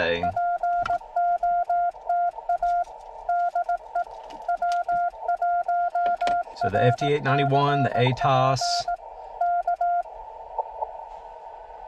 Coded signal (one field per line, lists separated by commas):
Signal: Morse code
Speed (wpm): 18 wpm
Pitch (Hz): 700 Hz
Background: speech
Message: POTA DE W1RCP K